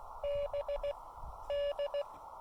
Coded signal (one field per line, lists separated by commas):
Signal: Morse code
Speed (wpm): 18 wpm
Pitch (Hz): 590 Hz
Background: none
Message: BD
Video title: Activating Elk Knob State Park for SOTA, POTA, and WWFF with 5 watts and the CHA MPAS 2.0